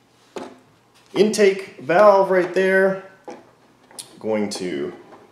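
Someone talks while handling a 1/72 scale British Valiant RC submarine model, preparing to lower its upper hull so the bow plane linkage connector snaps into the hull linkage socket. The clip ends before the part goes home, so nothing has seated or clicked yet.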